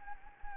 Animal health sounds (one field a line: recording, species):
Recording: mosquito wingbeat signal from an infrared sensor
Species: Anopheles gambiae